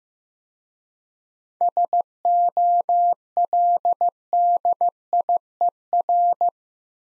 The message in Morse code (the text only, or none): SOLDIER